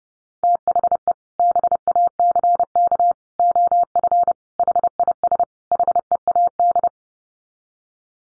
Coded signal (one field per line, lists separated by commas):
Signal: Morse code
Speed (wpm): 29 wpm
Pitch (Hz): 700 Hz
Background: none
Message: THE BACK OF HIS HEAD